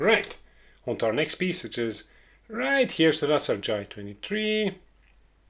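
Someone talks while handling wooden piece J23, about to fit it onto the music box assembly of a ROKR Christmas Dream Gift Factory kit. Only speech is heard, with no clicks or impacts. Nothing has seated or clicked yet.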